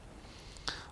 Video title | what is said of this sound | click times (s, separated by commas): One Day/One build - Construire son propre clavier mécanique | on bascule, tac. | 0.7 s